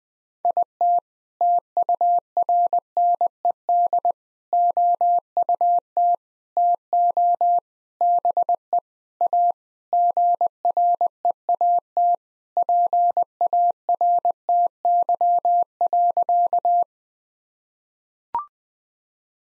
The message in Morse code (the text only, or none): IT TURNED OUT TO BE A GREAT PARTY.